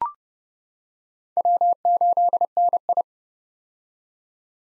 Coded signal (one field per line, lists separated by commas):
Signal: Morse code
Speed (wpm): 30 wpm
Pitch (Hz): 700 Hz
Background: none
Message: W8NI